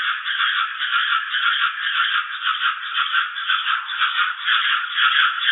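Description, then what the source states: Cricket song, a continuous rasping buzz that swells and fades repeatedly without a break. Ultrasonic cricket song.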